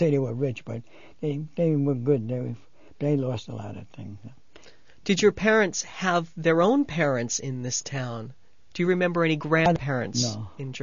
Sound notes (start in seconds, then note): none